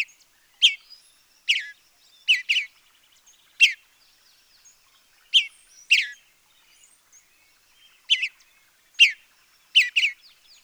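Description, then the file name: Western bluebird calls: short chirps, single or in quick pairs, repeated every one to two seconds over a quiet background. "Sialia mexicana"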